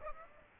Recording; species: mosquito wingbeat signal from an infrared sensor; Aedes aegypti